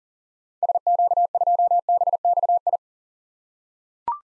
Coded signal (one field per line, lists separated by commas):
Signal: Morse code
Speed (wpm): 38 wpm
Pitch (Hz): 700 Hz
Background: none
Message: SQ2BXI